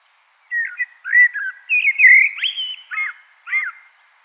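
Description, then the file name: Common blackbird song: a mellow, fluty warbled phrase with several slurred notes, followed by two quick chirpy notes near the end. "Turdus merula"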